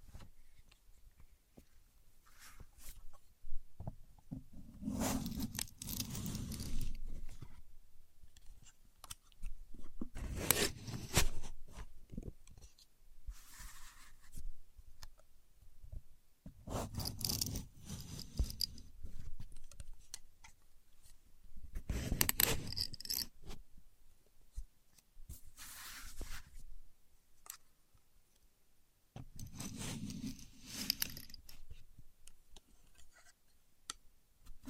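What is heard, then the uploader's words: A contour gauge is pressed and reset in repeated bursts, each a clattering rush of many small pins sliding and rattling, arriving roughly every five to six seconds. Between bursts come quieter scrapes and faint handling taps. No voice is heard. Using A Contour Gauge (No Talking).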